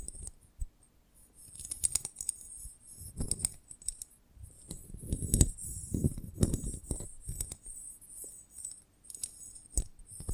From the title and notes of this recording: ASMR of a Honeycomb on Branch (No Talking).